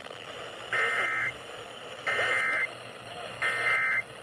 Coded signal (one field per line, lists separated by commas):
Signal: Emergency Alert System (SAME) tones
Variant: end-of-message bursts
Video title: EAS Severe Thunderstorm Warning #14 (From LWX) 7/8/25 (Credit Goes To @SouthernPennsylvaniaWX)